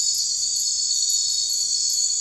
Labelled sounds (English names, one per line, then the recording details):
none
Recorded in secondary vegetation near Puerto Asís, Putumayo, Colombia, on 9 March 2025 at 02:00
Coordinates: 0.499, -76.323
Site G094